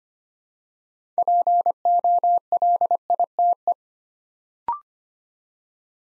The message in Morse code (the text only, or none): POLITE